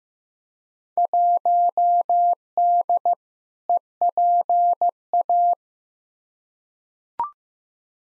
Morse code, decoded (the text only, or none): 1D EPA